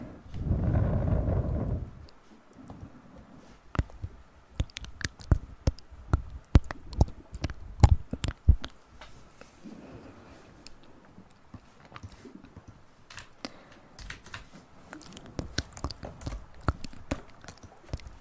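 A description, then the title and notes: Ear play sounds: a heavy, muffled rumble fills the first two seconds, then gives way to a long run of sharp, crisp clicks and taps. They come irregularly, sometimes in quick bunches, over a faint rustling bed, with a few softer low thumps. Play with your ears.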